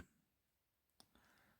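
A plastic part is pressed into an Atlas CSX GP40 model locomotive body during reassembly after a sound decoder upgrade. It gives a sharp, brief click at 1.0 s, with a fainter tick just before it and another soft knock around 1.2 s over quiet background. The part snaps in and is seated in place.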